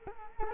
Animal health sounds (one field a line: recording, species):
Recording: mosquito wingbeat signal from an infrared sensor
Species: Culex quinquefasciatus